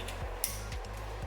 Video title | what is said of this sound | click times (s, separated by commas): Toyota Celica GT-S Turbo Install PART #3 | okay again same thing right into the OEM harness it should be a perfect click | 0.4 s